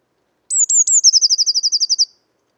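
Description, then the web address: Eurasian blue tit calling, with three sharp falling high notes leading into a fast, evenly pulsed chattering trill. "SETE data Cyanistes caeruleus"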